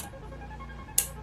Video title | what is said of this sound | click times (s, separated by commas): Instaxmini 11 unboxing #spiderman#youtubeshorts#trending#subscribe#viralshorts#reviews#unboxing | ഒന്ന് press ചെയ്ത് കഴിഞ്ഞാൽ അത് ലോക്ക് ആയിക്കോളും. | 1.0 s